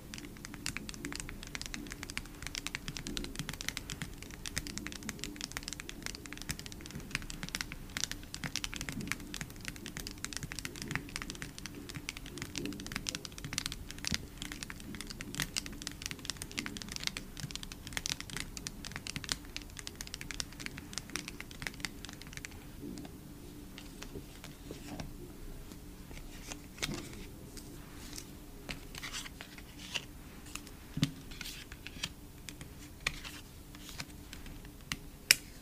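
Photocard tapping in quick, dense, irregular light clicks over a steady low hum, thinning slightly after about 22 seconds, then continuing sparser.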